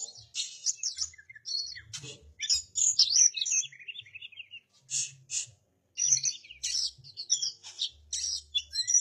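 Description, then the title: Oriental magpie-robin singing a jumble of scratchy, high chattering notes and quick whistled trills in bursts, with brief pauses and a faint low hum. "Kacer"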